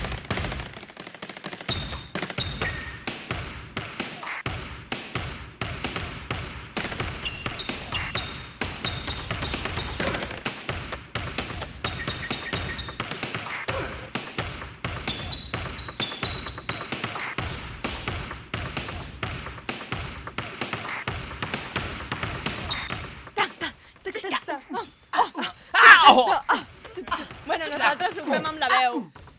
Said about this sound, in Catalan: Mireu el ritme que es pot fer amb una pilota de bàsquet i unes bambes Nike.